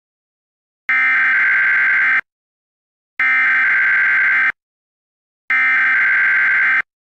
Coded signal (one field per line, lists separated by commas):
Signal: Emergency Alert System (SAME) tones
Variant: header bursts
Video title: EAS Scenario #1: The Yellowstone Caldera Eruption